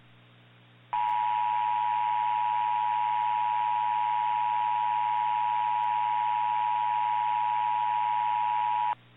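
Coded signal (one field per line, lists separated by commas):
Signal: Emergency Alert System (SAME) tones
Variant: 853 and 960 Hz attention tone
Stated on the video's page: Fictional analog-horror EAS scenario.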